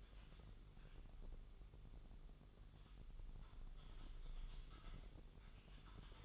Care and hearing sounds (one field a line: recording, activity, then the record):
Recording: daily activity, microphone in the room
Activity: typing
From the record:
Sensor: 4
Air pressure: 989.6 hPa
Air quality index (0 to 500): 226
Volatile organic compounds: 87 ppm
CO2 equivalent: 3660 ppm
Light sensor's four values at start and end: 26/91/33/35 and 26/91/33/35